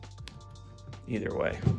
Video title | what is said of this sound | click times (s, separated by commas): Masterforce Packout Menards Rolling Tool Box Contractor Handyman Mobile Tool Box Jobsite Box | and it will lock into place on both sides | 0.3 s